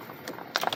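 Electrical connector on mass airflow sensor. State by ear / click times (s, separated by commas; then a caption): released / 0.6 s. A plastic electrical connector on the mass airflow sensor of a 1999-2007 Chevy Silverado 1500 with the 4.3 V6 is unlatched during an alternator replacement. With its lock lifted, the latch is pressed in the middle and the plug is pulled off. A sharp click at 0.55 s is followed by a few lighter clicks as the connector releases and comes off.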